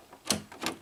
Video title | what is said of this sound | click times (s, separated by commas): Review of Honeywell Air Purifier True HEPA Allergen Remover HPA100WE | of use and practicality the front lifts off but this little click fasteners here to each side and then the front panel lifts out | 0.3 s, 0.7 s